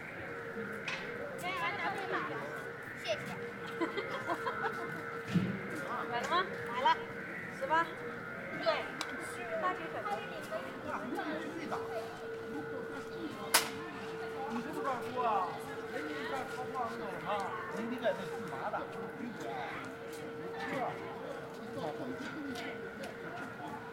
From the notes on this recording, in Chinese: 北京地坛